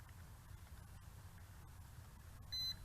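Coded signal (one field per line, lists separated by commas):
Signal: beep code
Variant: ZLL SG907 MAX drone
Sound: one short high beep about a quarter second long near the end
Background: low rumble, handling noise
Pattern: 1 short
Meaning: Horizontal compass calibration step done; next rotate with nose down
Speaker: Okay, a beep is heard. Now with the nose down, rotate it again until another beep is heard.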